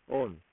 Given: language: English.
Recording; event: throat vibration sensor signal played as sound; speech